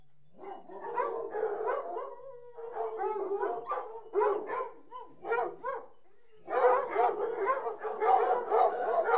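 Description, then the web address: Dog giving dense barks and whining notes, with a brief lull before a louder, busier burst at the end. From the BBC Sound Effects Library, CD 38. "The BBC Sound Effects Library - Complete 60 CDs Collection Sound Effects Library-38 (Horses # 2 and Dogs)"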